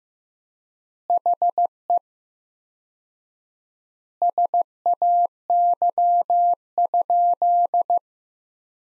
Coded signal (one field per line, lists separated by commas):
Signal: Morse code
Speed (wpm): 15 wpm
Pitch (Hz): 700 Hz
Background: none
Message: HE SAY?